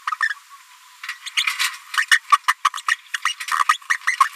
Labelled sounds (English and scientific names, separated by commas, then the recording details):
Green-rumped Parrotlet (Forpus passerinus) babbling
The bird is a female
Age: 27 days
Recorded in a nest box in Venezuela
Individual 17B73B2